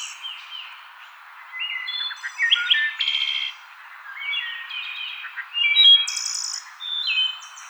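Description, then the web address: Wood thrush singing a series of clear fluted phrases, some ending in bright high trills, separated by brief gaps. Recorded 6 May 2007. "Wood Thrush 2007 05 06"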